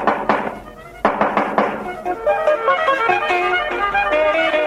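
Sharp knocking on a door in two quick bursts, a pair of raps and then a short run of four, before bright sustained musical tones swell in and carry on.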